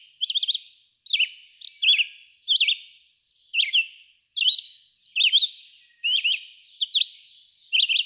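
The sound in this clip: Red-eyed vireo song of choppy whistled phrases, rising and dropping, spaced by short gaps of under a second.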